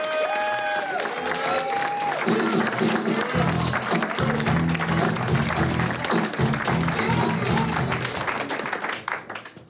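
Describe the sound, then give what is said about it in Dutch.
A crowd applauds steadily for nearly ten seconds, with a few high whoops near the start and a low, pulsing musical line thumping underneath before the clapping fades at the end. “Jongens, ja, gaan we door met een applaus, alsjeblieft.”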